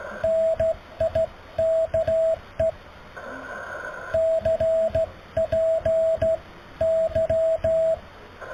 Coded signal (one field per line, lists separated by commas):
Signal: Morse code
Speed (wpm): 14 wpm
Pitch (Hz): 650 Hz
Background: radio noise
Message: NIKE CPY